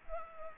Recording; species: mosquito wingbeat signal from an infrared sensor; Culex pipiens